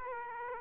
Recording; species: mosquito wingbeat signal from an infrared sensor; Aedes aegypti